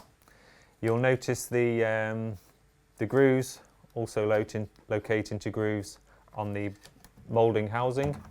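A battery pack is handled into the battery bay of an Allett Liberty 43 mower, lined up so its grooves locate into the grooves on the molded housing, while someone talks. Two faint taps sound near 0.2 and 0.3 seconds, with no other clear handling noise. Nothing has seated or clicked yet; the battery is not yet home.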